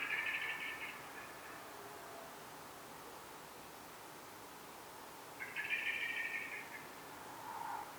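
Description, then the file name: Common blackbird giving two rough chattering bursts about five seconds apart, with a softer lower note at the end amid background hiss. "Turdus merula"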